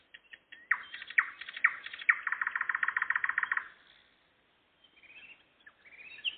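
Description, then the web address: Nightingale song with a few loud notes leading into a rapid churring rattle, then a pause and quiet high whistles. Singing in the evening, 11 May 2014. "spiew-slowika-11052014-wieczor"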